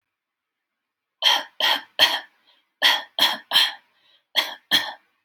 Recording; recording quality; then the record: shallow voluntary cough; excellent, no background noise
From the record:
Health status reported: healthy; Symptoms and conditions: none ticked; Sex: male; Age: 35 years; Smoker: not ticked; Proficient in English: no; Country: India